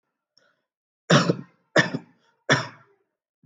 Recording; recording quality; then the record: shallow voluntary cough; excellent, no background noise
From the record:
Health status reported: healthy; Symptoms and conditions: none ticked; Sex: male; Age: 57 years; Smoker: not ticked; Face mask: not worn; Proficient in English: yes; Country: India